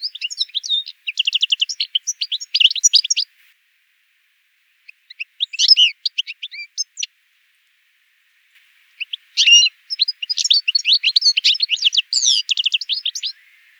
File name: Carduelis carduelis